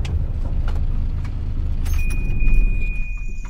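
A passenger jeepney taking riders from the town to the village: its engine rumbles low and steady with metallic rattling, then grows louder as it pulls away, a thin high whine joining the drone toward the end.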